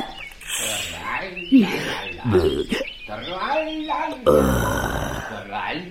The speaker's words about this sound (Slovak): Ale čo to počujem? Spievajúce prasa.